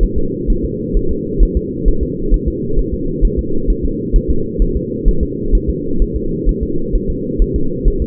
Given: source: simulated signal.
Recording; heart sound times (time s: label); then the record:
fetal heart sounds
0.03 s: S1
0.18 s: S2
0.50 s: S1
0.65 s: S2
0.97 s: S1
1.11 s: S2
1.43 s: S1
1.57 s: S2
1.88 s: S1
2.03 s: S2
2.34 s: S1
2.48 s: S2
2.79 s: S1
2.94 s: S2
3.25 s: S1
3.39 s: S2
3.70 s: S1
3.85 s: S2
4.16 s: S1
4.31 s: S2
4.62 s: S1
4.77 s: S2
5.08 s: S1
5.23 s: S2
5.55 s: S1
5.70 s: S2
6.02 s: S1
6.16 s: S2
6.49 s: S1
6.63 s: S2
6.96 s: S1
7.10 s: S2
7.42 s: S1
7.56 s: S2
7.88 s: S1
8.02 s: S2
From the record:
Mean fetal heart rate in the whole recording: 130 bpm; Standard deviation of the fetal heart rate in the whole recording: 2 bpm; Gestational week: 38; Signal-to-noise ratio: -8.1 dB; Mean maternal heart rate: 72 bpm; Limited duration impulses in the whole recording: absent